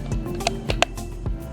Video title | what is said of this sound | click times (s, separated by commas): How to Install and Hide LED Light Strips (Easy Installation) | and you'll hear it click so as you go down | 0.5 s, 0.7 s, 0.8 s